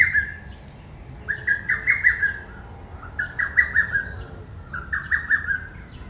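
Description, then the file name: Lesser cuckoo singing strong, rapid whistled phrases of several choppy notes that fall slightly, given in quick succession. "hototogisu"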